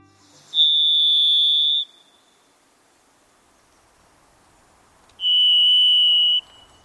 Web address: Birdnote. Varied Thrush